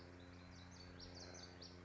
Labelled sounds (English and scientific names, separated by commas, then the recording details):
Common Yellowthroat (Geothlypis trichas)
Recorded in Sonoma County, California